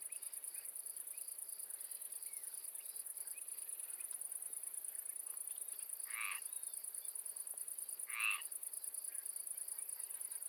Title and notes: Marais poitevin, France - Swamp calm evening landscape , frog. Entre les champs et les marécages des oiseaux , une grenouille et des insectes. Between the swamps and the fields, some birds , insect , a frog and a mosquito. yponomeutaneko